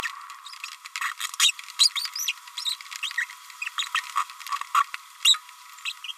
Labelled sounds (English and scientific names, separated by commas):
Green-rumped Parrotlet (Forpus passerinus) babbling